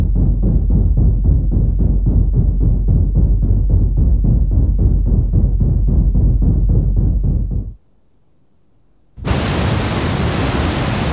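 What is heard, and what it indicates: Synthesized tinnitus simulation: a low, rumbling pulse throbbing about three to four times per second for nearly eight seconds, a brief silence, then a loud broadband hiss with a steady high-pitched tone around 7 kHz.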